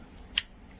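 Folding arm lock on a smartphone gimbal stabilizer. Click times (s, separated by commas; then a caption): 0.4 s. The folding joint of the plastic arm on a Qimic smartphone gimbal stabilizer selfie stick is turned, and a single sharp, bright click sounds at 0.4 s over a quiet low background. The folding arm lock clicks and seats in place.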